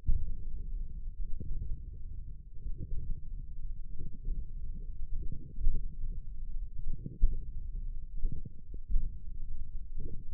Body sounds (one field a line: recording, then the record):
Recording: forearm muscle sounds (acoustic myography)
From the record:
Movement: tripod grip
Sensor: system 1, eight BSWA MPA416 microphones around the upper forearm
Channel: 3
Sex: male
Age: 20 years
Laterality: left